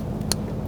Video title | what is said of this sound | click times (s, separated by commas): How to Replace Fuel Pump Module Assembly 2011-2017 Nissan Quest | You're going to feel it and hear it snap into place. | 0.3 s